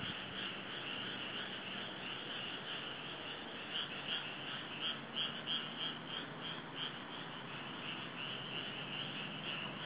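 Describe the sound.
Frogs calling in a dense chorus of rapid, high pulsed notes, a few louder bursts standing out midway, over steady background hiss.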